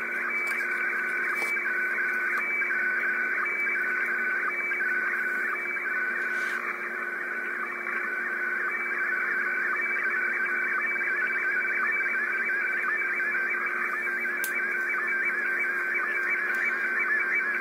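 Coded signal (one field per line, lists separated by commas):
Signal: SSTV (slow-scan television)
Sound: continuous warbling, chirpy tone sweeping up and down, with regular short low blips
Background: radio static, low hum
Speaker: трансивер работа антенны на п и в режиме сств переходим непосредственно к [музыка] эксперименту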